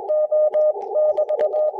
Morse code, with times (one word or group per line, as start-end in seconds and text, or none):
0.1-0.7 O
1.0-1.7 <BT>